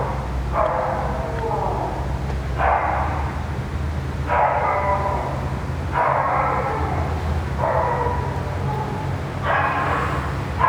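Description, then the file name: Dog crying in six whining bursts about every two seconds over a continuous low mechanical drone. Dog crying near a ventilation system. "francisco meirino - a dog crying near a ventilation system"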